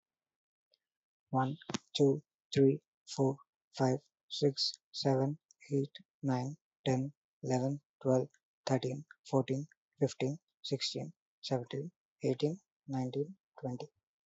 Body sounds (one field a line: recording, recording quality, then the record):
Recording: counting at a normal pace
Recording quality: moderate, slight background noise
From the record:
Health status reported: healthy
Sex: male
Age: 23 years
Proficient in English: yes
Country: India